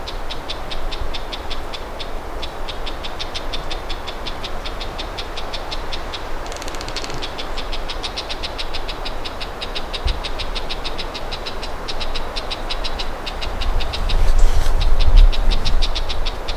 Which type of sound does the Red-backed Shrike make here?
call